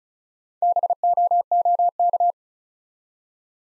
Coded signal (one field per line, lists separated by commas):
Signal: Morse code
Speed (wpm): 36 wpm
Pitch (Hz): 700 Hz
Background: none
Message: BOOK